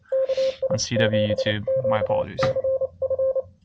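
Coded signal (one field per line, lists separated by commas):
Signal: Morse code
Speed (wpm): 28 wpm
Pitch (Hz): 530 Hz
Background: speech, radio noise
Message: KI7QCF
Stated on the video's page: CW POTA activation keyed with straight key, bug (Vibroplex Champion) and paddle.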